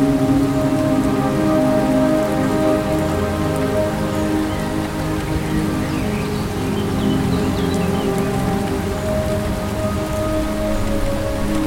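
Steady rain falls throughout, a dense, even patter that never swells or fades. Beneath it runs a constant low droning hum, and a few faint high chirps drift through around the middle of the recording.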